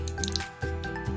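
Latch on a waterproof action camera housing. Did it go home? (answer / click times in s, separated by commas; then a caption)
yes / 0.2 s, 0.4 s. The latch on a plastic waterproof housing for an action camera is pressed closed over steady background music, giving sharp clicks at 0.2 s and 0.4 s. The latch locks in place, and the case is shut.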